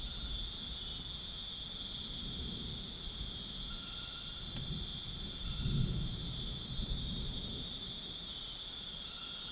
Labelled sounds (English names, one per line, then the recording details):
none
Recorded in dense forest near Puerto Asís, Putumayo, Colombia, on 13 March 2025 at 21:30
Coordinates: 0.499, -76.324
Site GP03